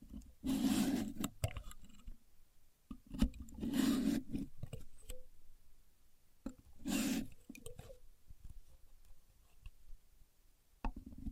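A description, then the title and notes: A contour gauge is handled, with three loud bursts of rattling and scraping around 0.5, 3.5 and 7 seconds as the pins shift. Between them come softer clicks, taps and small scrapes, with brief quiet gaps and a sharp click at the end. Using A Contour Gauge (No Talking).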